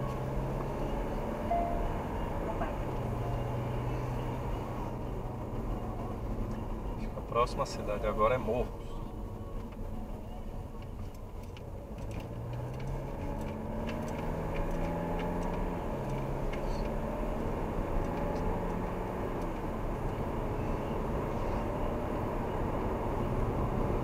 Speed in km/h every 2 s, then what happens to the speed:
49, 54, 51, 38, 23, 18, 29, 41, 52, 58, 66, 71.
3-10 brakes to 18. 10-24 speeds up to 71.